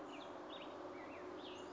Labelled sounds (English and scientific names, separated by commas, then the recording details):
Cassin's Vireo (Vireo cassinii)
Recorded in Sonoma County, California